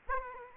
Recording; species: mosquito wingbeat signal from an infrared sensor; Aedes aegypti